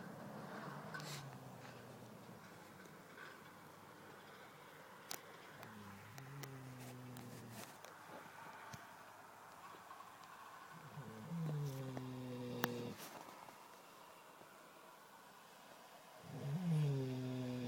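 Six young sows fast asleep together in their big ark outside, snoring with slow, irregular low-pitched snores, roughly eleven a minute.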